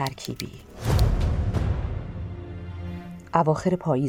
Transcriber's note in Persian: صدای کیبورد